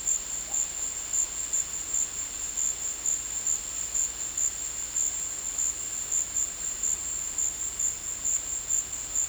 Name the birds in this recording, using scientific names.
none